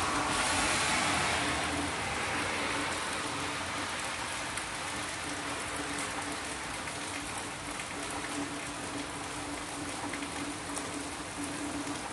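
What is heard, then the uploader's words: Heavy rain pours in a dense, steady hiss, with a low engine-like hum running underneath, slightly louder during the first two seconds. Lots and lots of rain. Loud loud rain.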